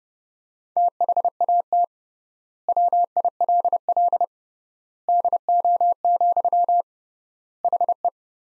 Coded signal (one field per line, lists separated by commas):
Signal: Morse code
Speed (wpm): 30 wpm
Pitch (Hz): 700 Hz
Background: none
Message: THAT WILL DO, HE